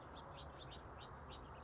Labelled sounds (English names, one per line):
House Finch